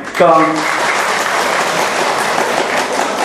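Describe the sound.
A crowd claps in sustained, dense applause that stays fairly loud and even throughout, with a brief voiced sound rising at the very start. The audience is applauding a monk during a Buddhist lecture.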